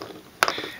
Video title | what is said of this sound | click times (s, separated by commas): Soldering on a connector (BNC) | clicks into place and there we go we have a perfect BNC connector so | 0.4 s